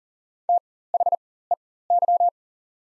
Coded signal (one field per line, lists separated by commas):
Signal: Morse code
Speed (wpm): 40 wpm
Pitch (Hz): 700 Hz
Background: none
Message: THEY